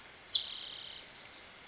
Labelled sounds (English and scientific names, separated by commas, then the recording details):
Spotted Towhee (Pipilo maculatus)
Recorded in Sonoma County, California